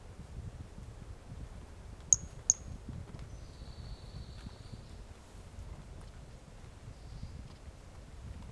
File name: Brachycephalus mirissimus 18 jan 2018 individual 05 ex 01 fist note missing L F Ribeiro not collected